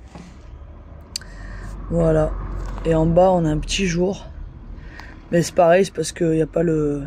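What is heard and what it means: A plastic trim piece by the step of a van is pressed into its body clips, and it seats with a sharp snap at 1.2 s, followed by a second snap at 1.2 s. Afterward, a man talks.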